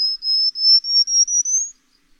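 Bird song of high, pure whistled notes in quick succession, rising slowly in pitch and ending on the highest note; background silent.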